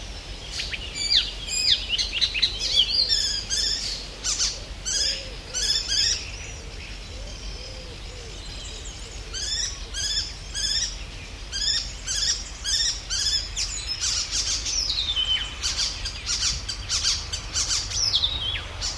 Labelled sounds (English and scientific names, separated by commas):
Icterine Warbler (Hippolais icterina)